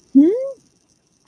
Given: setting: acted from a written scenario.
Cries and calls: vocal sound without words; confusion

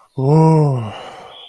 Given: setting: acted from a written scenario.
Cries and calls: vocal sound without words; relief

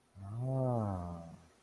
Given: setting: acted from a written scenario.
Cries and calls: vocal sound without words; realization

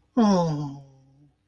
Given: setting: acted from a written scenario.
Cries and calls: vocal sound without words; romantic love

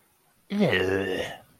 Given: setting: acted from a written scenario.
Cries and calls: vocal sound without words; disgust

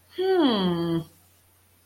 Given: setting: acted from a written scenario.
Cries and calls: vocal sound without words; realization

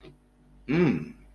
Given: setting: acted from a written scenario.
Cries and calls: vocal sound without words; ecstasy

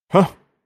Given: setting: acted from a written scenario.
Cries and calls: vocal sound without words; anger

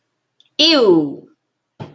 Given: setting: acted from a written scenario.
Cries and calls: vocal sound without words; disgust

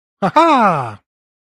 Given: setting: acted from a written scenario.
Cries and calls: vocal sound without words; elation

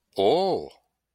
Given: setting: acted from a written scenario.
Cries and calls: vocal sound without words; positive surprise

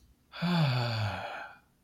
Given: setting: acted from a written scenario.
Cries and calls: vocal sound without words; serenity

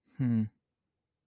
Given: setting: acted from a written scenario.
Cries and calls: vocal sound without words; neutral

